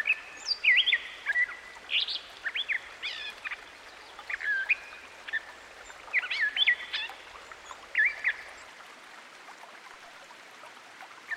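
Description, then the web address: Gray catbird giving bursts of varied squeaky and slurred notes, loosely spaced, falling quiet in the last few seconds, with background noise through most. Recorded by a stream. "Dan Gibson Songbirds By The Stream. Gray Catbird"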